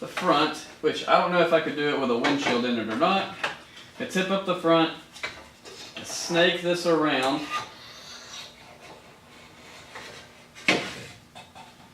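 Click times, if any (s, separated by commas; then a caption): 10.7 s. Someone talks while tipping up the front of a trimmed dash pad, with its bottom tabs shaved down to fit between the roll cage and the door, and snaking it around the roll cage. The pad is then pushed down into the car's dashboard, and a sharp pop at 10.7 s marks its tabs snapping into place, seating the pad.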